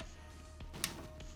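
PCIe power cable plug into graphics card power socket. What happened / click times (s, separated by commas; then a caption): The power connector clicked home / 0.8 s. A PCIe power cable plug is pushed back into a graphics card's power socket after a tug test to check it is latched. A single loud, sharp click at 0.8 s shows it has re-seated, with two much fainter ticks around it over steady low background hum.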